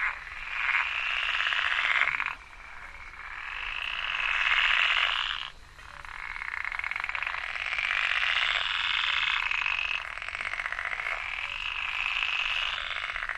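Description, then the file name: Long bouts of buzzy frog croaking rise and fall over a low background hiss, each bout lasting a few seconds. "grenouille de lessona"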